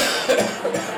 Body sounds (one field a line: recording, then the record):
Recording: coughing mixed with background sound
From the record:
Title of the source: Cough Around the Clock!